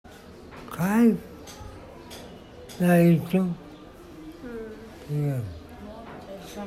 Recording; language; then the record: elicited speech; Bengali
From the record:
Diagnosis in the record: Broca's or global aphasia after a stroke